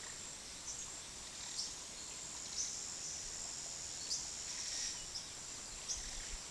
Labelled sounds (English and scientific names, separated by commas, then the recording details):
none
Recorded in pastures near Puerto Asís, Putumayo, Colombia, on 19 February 2024 at 10:00
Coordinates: 0.468, -76.328
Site G6414